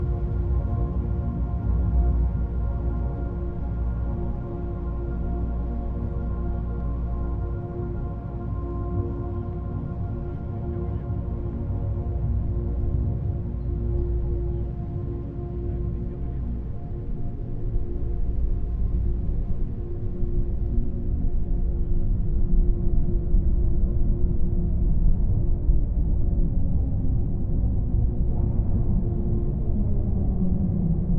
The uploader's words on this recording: Winter in Saint Petersburg presents a sound art work with field recordings collected in Saint Petersburg.